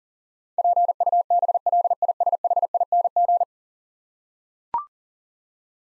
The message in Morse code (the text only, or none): PUBLISHING